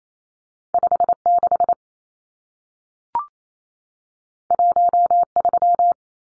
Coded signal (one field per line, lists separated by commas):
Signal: Morse code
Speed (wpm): 28 wpm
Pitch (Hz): 700 Hz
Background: none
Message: 56 13